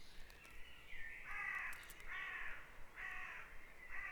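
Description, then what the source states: Birds calling at dawn, harsh notes with layered overtones in several short bursts, with a steady low hum beneath. Dawn chorus on Back Dragon Avenue, Harrogate; part of the Sound Map of Harrogate.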